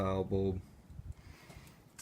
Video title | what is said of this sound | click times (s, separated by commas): How To DIY Bruin Tail Light Bulb Replacement | it just locks in see | 2.0 s